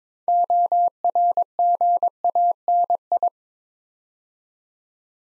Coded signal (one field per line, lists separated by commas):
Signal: Morse code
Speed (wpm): 23 wpm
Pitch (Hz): 700 Hz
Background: none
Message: ORGANI